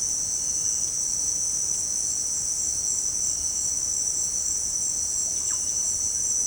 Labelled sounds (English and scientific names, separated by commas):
none